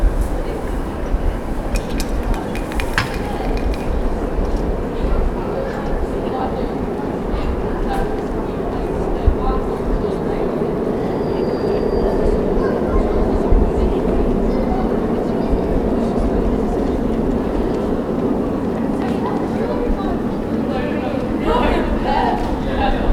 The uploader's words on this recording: High Street wakes up. Captured early in the morning as a High Street market is being set up. It is a cool morning, the ground is wet. People are beginning to enter the centre of the city, going to jobs and cafes.